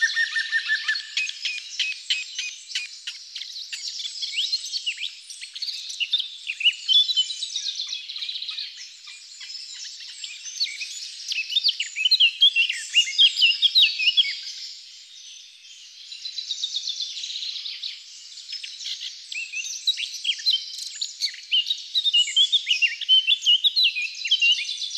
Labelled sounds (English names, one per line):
Eurasian Blackcap song